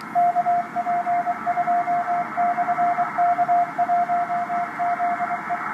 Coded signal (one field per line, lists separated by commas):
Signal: Morse code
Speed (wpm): 23 wpm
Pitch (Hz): 700 Hz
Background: radio noise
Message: KP2/K1ZE